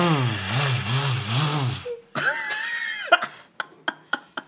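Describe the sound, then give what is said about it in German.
A voice imitates a motorcycle engine as a vocal training exercise meant to make the whole body vibrate: a low, buzzy rumble that revs up and down in pitch, then a brief higher droning tone, ending in a run of sharp, sputtering bursts. “Du siehst aus wie so ein Zwölfjähriger, der das Motorrad seines Vaters nachmacht.”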